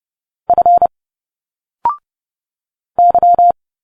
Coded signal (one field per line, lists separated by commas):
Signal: Morse code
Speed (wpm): 30 wpm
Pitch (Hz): 700 Hz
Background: none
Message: F Y